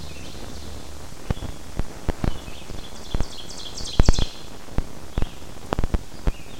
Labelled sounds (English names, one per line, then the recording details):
Ovenbird song
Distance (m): 25 m
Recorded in boreal forest in Alberta, Canada, on 14 June 2016 at 07:51
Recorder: SongMeter 3, array SBT-3-33
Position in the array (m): 161 m, 186 m
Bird 46